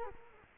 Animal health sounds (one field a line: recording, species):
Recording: mosquito wingbeat signal from an infrared sensor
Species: Culex quinquefasciatus